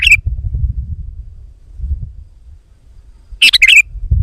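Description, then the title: Sooty-headed bulbul giving a brief bubbly phrase at the start and a fuller one near the end, with low rumbling noise in between. "kutilang"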